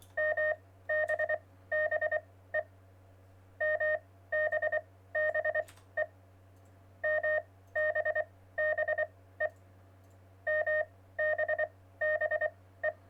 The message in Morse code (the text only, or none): MBBE MBBE MBBE MBBE